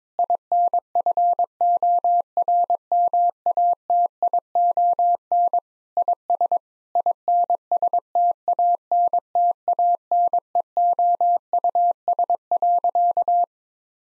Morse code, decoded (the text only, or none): INFORMATION IS INSTANTANEOUS.